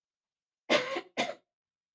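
An adult woman coughs: two harsh, noisy cough bursts about half a second apart, the first longer with a throat-clearing quality, then the start of a third at the end. A plain cough in a quiet room.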